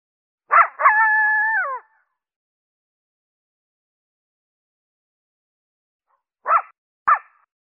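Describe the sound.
Coyote barking once then howling briefly, followed by long silence and two more short sharp barks.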